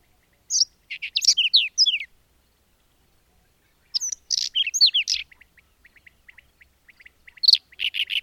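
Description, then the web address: Bird song: a quick whistled and buzzy phrase, a silent gap, a second phrase trailing into a series of soft ticks, then a third buzzy burst. "madarak enek"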